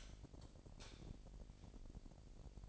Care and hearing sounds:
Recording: daily activity, microphone in the room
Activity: light off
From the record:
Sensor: 5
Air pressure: 1012.0 hPa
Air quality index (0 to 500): 247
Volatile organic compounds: 4 ppm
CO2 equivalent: 1678 ppm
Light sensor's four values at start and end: 39/93/39/41 and 38/88/37/39

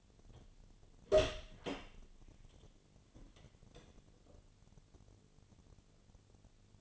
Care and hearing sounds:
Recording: daily activity, microphone in the room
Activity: open door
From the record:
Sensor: 4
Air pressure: 1008.4 hPa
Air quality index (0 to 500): 174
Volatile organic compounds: 5 ppm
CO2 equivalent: 1742 ppm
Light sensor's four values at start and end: 25/79/30/29 and 23/72/27/26

